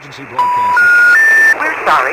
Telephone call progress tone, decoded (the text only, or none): special information tone